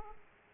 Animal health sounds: mosquito wingbeat signal from an infrared sensor; Aedes aegypti

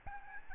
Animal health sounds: mosquito wingbeat signal from an infrared sensor; Aedes albopictus

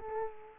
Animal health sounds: mosquito wingbeat signal from an infrared sensor; Culex quinquefasciatus

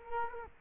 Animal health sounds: mosquito wingbeat signal from an infrared sensor; Culex quinquefasciatus

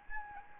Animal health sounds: mosquito wingbeat signal from an infrared sensor; Anopheles gambiae

